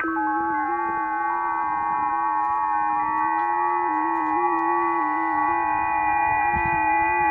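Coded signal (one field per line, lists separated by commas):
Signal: FT8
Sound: chorus of many steady, slowly warbling tones, like overlapping organ notes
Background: radio static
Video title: KHΦN, Mariana Is., Pacific Ocean, OC-086, 7MHz, FT8, Worked by HL2WA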